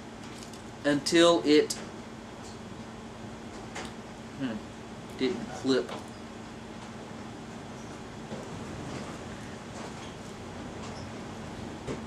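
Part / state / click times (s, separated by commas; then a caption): plastic model kit leg joint locking into the leg frame / not seated / none. Someone talks briefly while pulling on the toe and lower leg of a ZZ Gundam plastic model kit during transformation, making a few faint plastic handling sounds over a steady low hum. Nothing has seated or clicked yet; the leg joint has not locked into the leg frame by the end of the clip.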